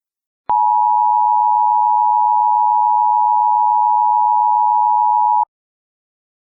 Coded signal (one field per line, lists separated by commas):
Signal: Emergency Alert System (SAME) tones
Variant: 853 and 960 Hz attention tone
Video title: EAS Scenario: Absolutely Radioactive Part 1